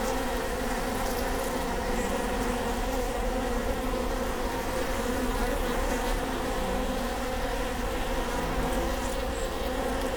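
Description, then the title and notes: Honey bees droning steadily, a rich unbroken buzzing hum of many insects, with small shifts in pitch now and then. Bee hive at Prinzessinnengarten II, Hermannstraße, Berlin, Germany; recorded with Sony PCM D50 and Primo EM172. "Prinzessinnengarten II, Hermannstraße, Berlin, Deutschland - bee hive. bee hive at Prinzessinnengarten (Sony PCM D50, Primo EM172)"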